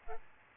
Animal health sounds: mosquito wingbeat signal from an infrared sensor; Aedes albopictus

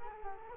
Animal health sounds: mosquito wingbeat signal from an infrared sensor; Culex quinquefasciatus

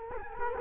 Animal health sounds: mosquito wingbeat signal from an infrared sensor; Culex quinquefasciatus

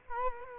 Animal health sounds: mosquito wingbeat signal from an infrared sensor; Culex quinquefasciatus

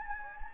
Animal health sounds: mosquito wingbeat signal from an infrared sensor; Anopheles gambiae

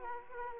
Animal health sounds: mosquito wingbeat signal from an infrared sensor; Aedes aegypti

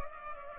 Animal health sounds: mosquito wingbeat signal from an infrared sensor; Culex pipiens

